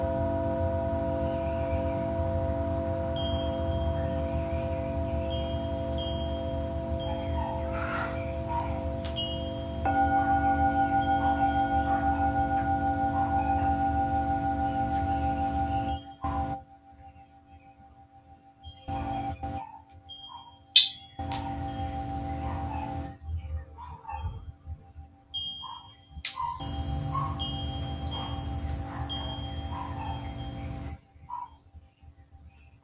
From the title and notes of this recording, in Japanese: シンギングボウルのサウンドヒーリング。チベタンシンギングボウル。